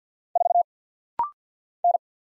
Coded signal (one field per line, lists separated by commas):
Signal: Morse code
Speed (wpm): 48 wpm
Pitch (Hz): 700 Hz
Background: none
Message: 4 N